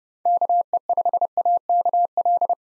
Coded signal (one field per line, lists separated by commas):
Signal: Morse code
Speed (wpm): 30 wpm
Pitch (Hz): 700 Hz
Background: none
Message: KE5AKL